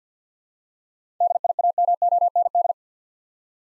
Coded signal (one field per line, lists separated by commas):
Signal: Morse code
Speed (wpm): 47 wpm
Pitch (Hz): 700 Hz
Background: none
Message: DIAMOND